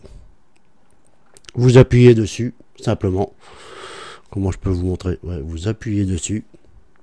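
A plastic push pin of a CPU cooler is handled at a motherboard mounting hole, ready to be pressed in until it locks. A few faint ticks sound in the first second and a half, then someone talks. Nothing has seated or clicked yet when the clip ends.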